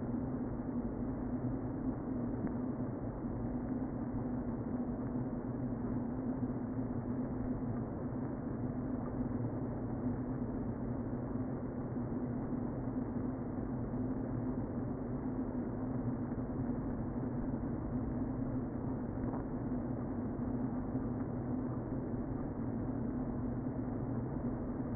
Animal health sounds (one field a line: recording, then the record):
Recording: honeybee colony, microphone inside the hive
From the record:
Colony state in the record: queen present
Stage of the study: before two queens were removed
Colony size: about 60,000 bees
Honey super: yes